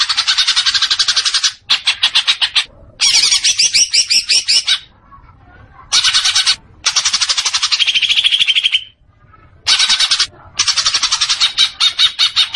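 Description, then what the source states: Leafbird song in bursts of rapid, harsh rattling chatter of varying length, separated by short silences. Singing actively (gacor).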